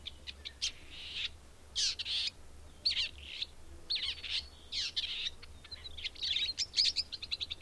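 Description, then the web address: Bird song in short chirpy, scratchy phrases repeated with brief pauses, high-pitched throughout. "madarak enek"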